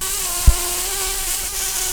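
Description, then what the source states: Brown-banded carder bee buzzing, a steady droning hum with faint higher overtones throughout, broken by one brief low thump near the start. Queens.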